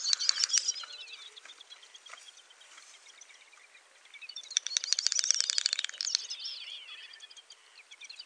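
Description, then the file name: Great snipe display song: a burst of rapid clicks and high bubbling twitters, quieter twittering, then another louder chattering burst. "dubelt"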